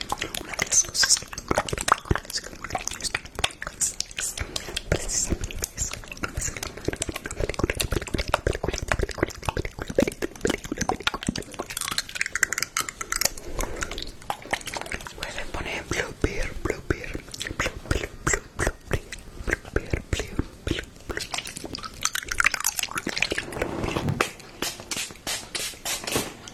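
Mouth sounds: dense, irregular clicks, smacks and wet pops crowd the whole stretch, with a few louder, lower bursts near twenty-four seconds.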